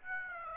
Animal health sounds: mosquito wingbeat signal from an infrared sensor; Aedes aegypti

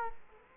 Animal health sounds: mosquito wingbeat signal from an infrared sensor; Culex quinquefasciatus

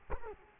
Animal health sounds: mosquito wingbeat signal from an infrared sensor; Culex quinquefasciatus

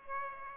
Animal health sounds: mosquito wingbeat signal from an infrared sensor; Aedes aegypti

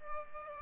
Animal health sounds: mosquito wingbeat signal from an infrared sensor; Aedes aegypti

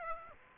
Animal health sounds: mosquito wingbeat signal from an infrared sensor; Aedes aegypti

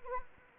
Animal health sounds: mosquito wingbeat signal from an infrared sensor; Anopheles arabiensis

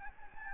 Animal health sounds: mosquito wingbeat signal from an infrared sensor; Anopheles gambiae

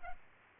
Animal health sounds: mosquito wingbeat signal from an infrared sensor; Culex pipiens

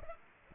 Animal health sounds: mosquito wingbeat signal from an infrared sensor; Aedes aegypti

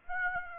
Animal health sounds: mosquito wingbeat signal from an infrared sensor; Aedes aegypti

